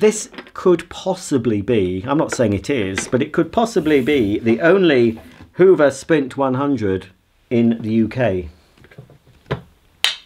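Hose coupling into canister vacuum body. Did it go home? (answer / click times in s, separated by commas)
yes / 10.0 s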